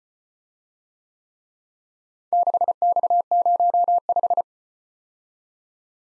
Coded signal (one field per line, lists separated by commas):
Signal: Morse code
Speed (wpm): 34 wpm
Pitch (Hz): 700 Hz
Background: none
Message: 6X05